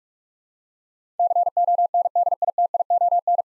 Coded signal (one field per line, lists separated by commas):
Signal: Morse code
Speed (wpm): 41 wpm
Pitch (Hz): 700 Hz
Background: none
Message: CONDITION